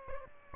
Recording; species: mosquito wingbeat signal from an infrared sensor; Aedes albopictus